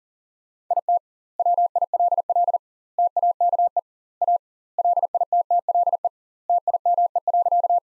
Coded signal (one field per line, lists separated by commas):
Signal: Morse code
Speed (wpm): 40 wpm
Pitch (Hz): 700 Hz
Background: none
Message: IT WILL TAKE A LITTLE TIME.